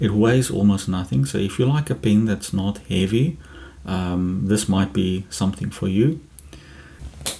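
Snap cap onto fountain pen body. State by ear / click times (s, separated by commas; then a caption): seated / 7.3 s. Someone talks over the clip about a light, aluminium-bodied Platinum Plaisir fountain pen. At 7.3 s the snap cap is pushed onto the pen body and snaps home with a crisp, satisfying click, locking securely into place.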